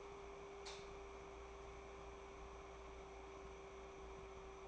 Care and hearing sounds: daily activity, microphone in the room; light off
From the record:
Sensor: 1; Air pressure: 1010.2 hPa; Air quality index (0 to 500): 172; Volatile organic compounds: 12 ppm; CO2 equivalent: 2365 ppm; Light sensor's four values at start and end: 56/150/61/76 and 54/139/57/72

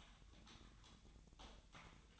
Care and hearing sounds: daily activity, microphone in the room; typing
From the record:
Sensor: 3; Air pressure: 1009.4 hPa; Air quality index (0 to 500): 196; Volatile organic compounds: 16 ppm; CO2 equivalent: 2552 ppm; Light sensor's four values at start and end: 34/84/36/39 and 34/85/36/39

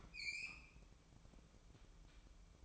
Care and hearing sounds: daily activity, microphone in the room; open fridge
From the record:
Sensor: 1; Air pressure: 1007.8 hPa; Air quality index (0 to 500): 101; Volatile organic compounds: 1 ppm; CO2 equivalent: 856 ppm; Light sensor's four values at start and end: 12/29/12/13 and 12/29/12/13

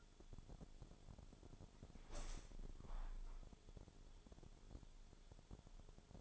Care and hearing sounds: daily activity, microphone in the room; open window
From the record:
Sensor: 5

